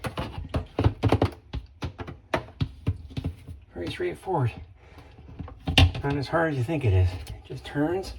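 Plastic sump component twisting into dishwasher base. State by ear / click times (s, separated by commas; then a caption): not seated / none. A plastic sump component of a Samsung DMT800RHS dishwasher is being turned by hand in the dishwasher base during a grinder blade repair for sprayers not working, with sharp plastic knocks and handling thumps, the loudest near 2.3 s and 5.8 s, while someone talks. The part is still being twisted toward its locked position, and nothing has seated or clicked yet.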